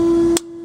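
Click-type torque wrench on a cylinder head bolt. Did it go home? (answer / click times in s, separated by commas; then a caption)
yes / 0.4 s. A click-type torque wrench tightens a cylinder head bolt on a straight-6 engine until it breaks over at its set torque, with a sharp click at 0.4 s. A steady tonal hum runs throughout, and the overall level drops right after the click. The click confirms the bolt has reached the set torque.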